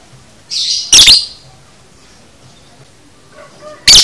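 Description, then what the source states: Lovebird giving two piercing, shrill shrieks about three seconds apart, the first just after a buzzy chirp, with near silence between them. Masteran (training audio) for teaching a lovebird the konslet chatter style.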